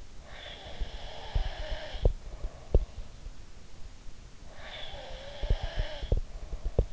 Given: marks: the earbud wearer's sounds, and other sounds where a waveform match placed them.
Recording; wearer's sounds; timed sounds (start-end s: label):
sounds in sleep by an in-ear microphone; breath
0.16-2.73 s: breath
0.79-2.85 s: sound from someone else or the room
4.46-6.93 s: breath
5.38-6.93 s: sound from someone else or the room